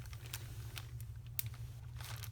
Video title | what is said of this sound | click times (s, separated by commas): Making pinch pots for an animal shaker | then you want to very carefully zip your ziplock bag make sure you hear it click and | 0.3 s, 0.8 s, 1.4 s